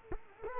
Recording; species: mosquito wingbeat signal from an infrared sensor; Culex quinquefasciatus